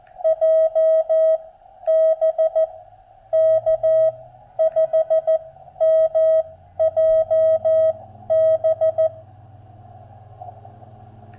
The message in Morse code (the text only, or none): JB K5MJB